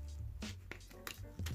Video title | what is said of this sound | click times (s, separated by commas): L'objet essentiel pour faire du UBER EATS/DELIVEROO🍔🍱 | le glisse par là comme ceci. Et donc, on entend un petit clac. Et c'est bon. | 0.7 s, 1.1 s